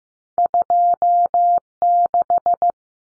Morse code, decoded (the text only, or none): 26